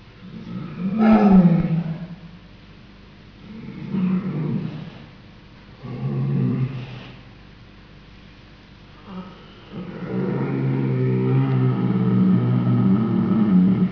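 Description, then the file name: Polar bear roaring: deep, rough bursts near 1, 4 and 6.5 seconds, a short grunt near 9 seconds, then a long sustained low rumbling growl to the end. "Ursus maritimus"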